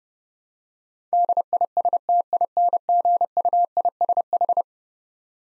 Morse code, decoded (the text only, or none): DISTINGUISH